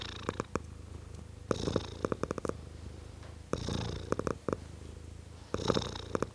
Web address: BBC Sound Effects Library (Cats) Tom Cat, Purring